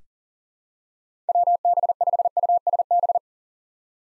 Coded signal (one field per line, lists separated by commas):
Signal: Morse code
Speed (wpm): 40 wpm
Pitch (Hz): 700 Hz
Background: none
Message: WB5USB